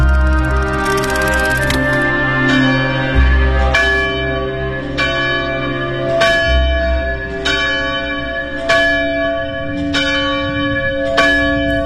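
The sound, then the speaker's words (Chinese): A monastery church bell on Cimu Mountain by the Jialing River near Chongqing, rung each early morning by the boy Yan Su, tolls in a slow, steady rhythm, about ten strikes, each deep clang leaving a long, shimmering hum of overtones that overlaps the next. No voices are heard. “那个时候每天清晨都能听到从修道院里传来当当当的敲钟声，而负责敲钟的那个孩子就是严肃。”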